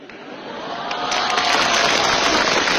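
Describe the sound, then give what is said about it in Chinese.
An audience applauds in a dense, steady wash of clapping that swells louder after about a second and holds at that level, with no voices over it. “就这一路的语言您各位还给他鼓掌。”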